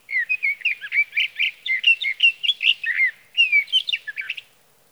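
Sage thrasher song: a long, fast, continuous run of warbled, jumbled notes that rise and fall, with a brief pause before a final burst.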